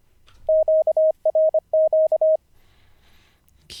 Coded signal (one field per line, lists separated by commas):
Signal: Morse code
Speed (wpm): 24 wpm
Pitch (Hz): 630 Hz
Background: speech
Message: QRQ